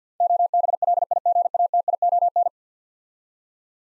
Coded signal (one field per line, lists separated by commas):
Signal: Morse code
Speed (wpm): 47 wpm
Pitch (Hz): 700 Hz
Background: none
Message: OBLIGATION